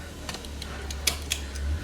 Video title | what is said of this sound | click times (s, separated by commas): Fridge Slide Assembly Instructions | like so. It's now locked in, and then you've got your runners are ready to go. | 1.1 s, 1.3 s